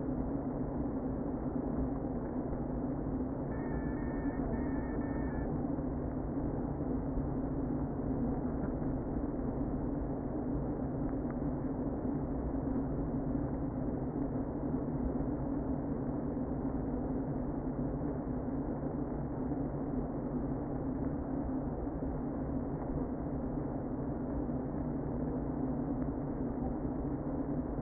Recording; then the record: honeybee colony, microphone inside the hive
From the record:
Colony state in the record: queen present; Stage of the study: before two queens were removed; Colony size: about 60,000 bees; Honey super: yes